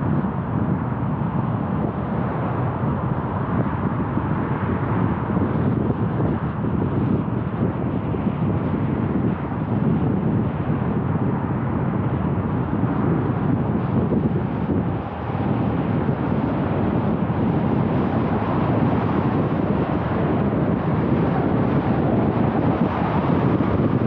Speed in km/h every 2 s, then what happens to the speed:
40, 41, 43, 46, 49, 56, 59, 64, 69, 73, 77, 78.
0-24 speeds up to 78.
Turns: none.